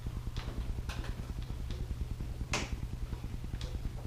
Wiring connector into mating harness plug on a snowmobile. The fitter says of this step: should hear it snap into place once